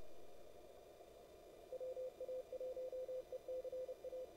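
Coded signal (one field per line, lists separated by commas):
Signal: Morse code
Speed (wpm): 30 wpm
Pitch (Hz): 510 Hz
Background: none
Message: WA1ECA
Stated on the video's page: WAE CW contest on 20m from a home station, including sending QTC traffic, on a Flex radio.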